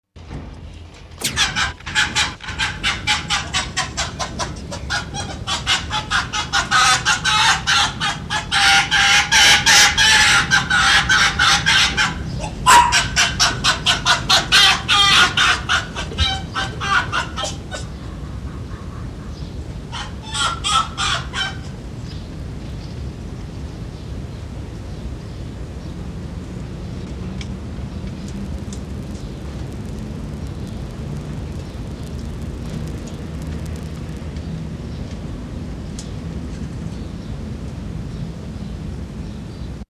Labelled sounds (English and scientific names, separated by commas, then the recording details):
Arctic Fox (Vulpes lagopus)
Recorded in captivity
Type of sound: greeting, serial barking
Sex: pair
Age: adult
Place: Zoologisches Institut der HUB, Berlin, DE
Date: 1957-05-03 16:00
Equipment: Elmetra
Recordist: Tembrock, Günter
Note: Fuchsanlage: "Nina": Begrüßungsgackern, "Teddy": kurze Bellstrophe dazwischen (Achtung: im Hintergrund, alte Fuchsaufnahme, schlecht gelöscht!)